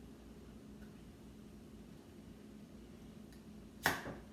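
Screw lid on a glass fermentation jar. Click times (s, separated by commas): 3.9 s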